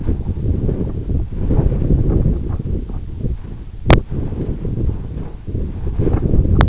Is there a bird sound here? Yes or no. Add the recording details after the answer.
no. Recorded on Arctic tundra, site EABA-1, on 26 June 2018. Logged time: 04:00